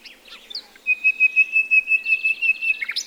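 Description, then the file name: Common nightingale song: a long, steady, pure whistled note held for about two seconds, with pulsing notes beating above it, then a quick twittering finish. "Luscinia megarhynchos"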